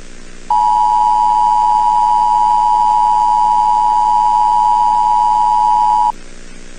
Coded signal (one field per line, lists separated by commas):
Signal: Emergency Alert System (SAME) tones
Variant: 853 and 960 Hz attention tone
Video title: EAS Scenario Movie - "The Silent Invasion: The Shockwave"